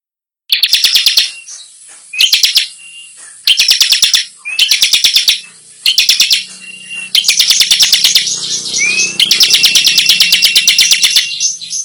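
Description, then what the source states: Bar-winged prinia song in repeated bursts of fast, dry chip notes, sometimes led by a rising whistle, the bursts growing longer toward the end. Called gacor, meaning singing actively, in the nembak style.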